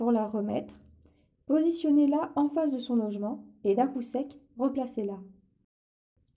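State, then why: Seated. A plastic wheel of a vacuum cleaner floor brush is lined up with its housing and pushed back in with a sharp push while someone talks. After the talking stops, a brief, faint click at 6.2 s marks the wheel seating in its housing.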